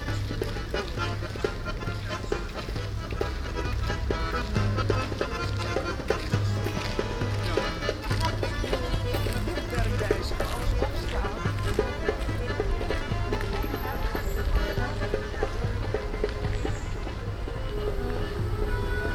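Walking through an outdoor art exhibition, with a steady murmur of voices, scattered footsteps and clicks, and a low constant hum underneath.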